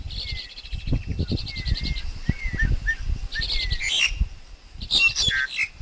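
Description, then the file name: Black-collared Starling song: fast chattering trills, short slurred whistles and harsh, scratchy bursts near the end, over low thumping noise. Wild forest bird's song, used for teaching young birds to sing. "Tieng chim ca cuong rung tap chim con hot"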